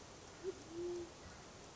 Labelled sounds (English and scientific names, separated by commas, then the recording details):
Band-tailed Pigeon (Patagioenas fasciata)
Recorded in Sonoma County, California